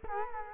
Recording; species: mosquito wingbeat signal from an infrared sensor; Culex quinquefasciatus